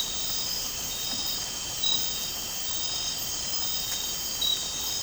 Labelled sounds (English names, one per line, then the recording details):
none
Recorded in dense forest near Puerto Asís, Putumayo, Colombia, on 12 March 2025 at 01:00
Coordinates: 0.467, -76.328
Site G041